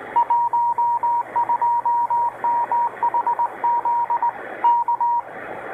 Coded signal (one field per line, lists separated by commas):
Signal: Morse code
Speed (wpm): 20 wpm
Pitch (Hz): 950 Hz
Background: radio noise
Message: 12MHZ K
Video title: 12935KHZ KOREAN MARITIME STATION (SSB CW SIGNAL)